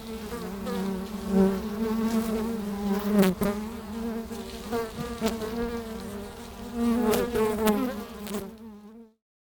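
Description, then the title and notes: Honey bee colony humming in a thick, wavering drone with several sharp clicks, before the sound cuts to silence near the end. Honey bees recorded at a hive entrance in a bee pavilion of a botanical garden in Meise, Belgium, with microphones placed at the entrance of the hive. "Meise, Jardin botanique. Pavillon des abeilles, micros placés à l'entrée de la ruche."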